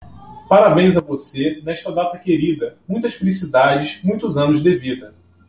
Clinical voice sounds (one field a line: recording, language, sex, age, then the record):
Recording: short text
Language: Brazilian Portuguese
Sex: male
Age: 30 to 39 years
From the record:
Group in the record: control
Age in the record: 35 years